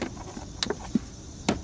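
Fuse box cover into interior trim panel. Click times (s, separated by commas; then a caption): 0.6 s. A plastic fuse box cover is pressed back onto the interior trim panel of a Hyundai after a blown fuse is fixed for a radio head unit that would not turn on. A sharp snap at 0.6 s marks the cover clicking into place, followed by a softer tick just after and another sharp click near 1.5 s. The cover is seated.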